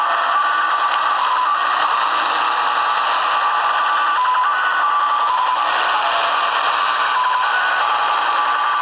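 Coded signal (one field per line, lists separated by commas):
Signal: HF data modem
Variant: Slot Machine (XSL)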